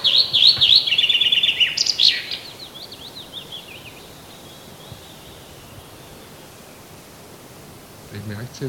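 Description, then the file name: Common chaffinch song: a loud descending trill of rapid notes closing with an emphatic flourish, with a soft low thump near the end. "Fringilla coelebs"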